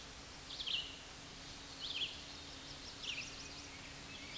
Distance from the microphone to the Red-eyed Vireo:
about 30 m